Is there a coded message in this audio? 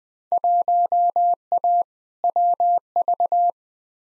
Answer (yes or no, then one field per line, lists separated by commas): yes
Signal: Morse code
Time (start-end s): 0.3-3.5 s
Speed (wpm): 20 wpm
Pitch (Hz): 700 Hz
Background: none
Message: 1A WV